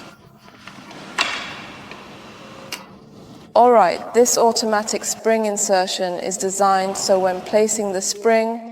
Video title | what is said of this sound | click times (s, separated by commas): Miyabipilates Dreamシリーズ紹介 #ピラティス #pilates #猫背矯正 #産後ケア#一般式リフォーマー#キャフォーマー#miyabpilates#miyabireform | all right it just simply automatically locks in place and then you just adjust it 60° | 1.2 s